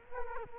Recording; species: mosquito wingbeat signal from an infrared sensor; Culex quinquefasciatus